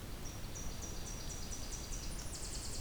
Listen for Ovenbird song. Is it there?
no